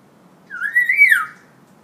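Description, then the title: Hill myna giving one loud, clear whistle that rises, holds briefly and then slides down, with a quiet background and no other callers. Energetic, actively singing bird ("gacor"); recording intended as tutor material (masteran) for training birds. "Suara Burung Beo Gacor Cocok Untuk Masteran"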